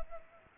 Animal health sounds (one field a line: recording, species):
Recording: mosquito wingbeat signal from an infrared sensor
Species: Culex pipiens